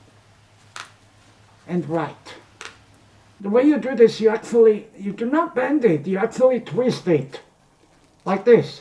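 Someone talks while handling the plastic tail of a 2025 Spin Master How To Train Your Dragon Real Flying RC Toothless toy, twisting it rather than bending it to adjust the steering detent. Brief sharp ticks occur near 0.8 s and 2.6 s between the speech. The tail has not yet clicked into its detent position.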